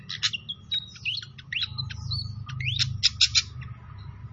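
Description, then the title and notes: Pied fantail song of sharp chirps and short rising whistles, spaced irregularly, with a constant low rumbling background. Masteran training recording of clear-voiced song mixed with the sound of gurgling water. "Masteran Sikatan Kipas Suara Jernih Dan Suara Gemericik Air. Suara Burung Sikatan Londo"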